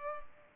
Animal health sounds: mosquito wingbeat signal from an infrared sensor; Culex pipiens

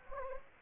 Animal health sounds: mosquito wingbeat signal from an infrared sensor; Anopheles gambiae

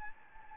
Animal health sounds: mosquito wingbeat signal from an infrared sensor; Anopheles arabiensis

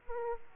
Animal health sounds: mosquito wingbeat signal from an infrared sensor; Aedes aegypti

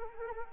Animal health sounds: mosquito wingbeat signal from an infrared sensor; Anopheles arabiensis

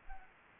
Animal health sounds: mosquito wingbeat signal from an infrared sensor; Anopheles gambiae

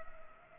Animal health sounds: mosquito wingbeat signal from an infrared sensor; Culex pipiens

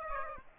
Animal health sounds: mosquito wingbeat signal from an infrared sensor; Aedes aegypti

